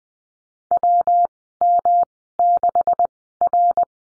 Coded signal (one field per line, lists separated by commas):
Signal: Morse code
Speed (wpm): 20 wpm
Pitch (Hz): 700 Hz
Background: none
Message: WM6R